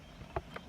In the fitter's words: Just click in. The same over here.